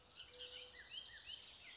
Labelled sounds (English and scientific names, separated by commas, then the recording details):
Bullock's Oriole (Icterus bullockii)
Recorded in Sonoma County, California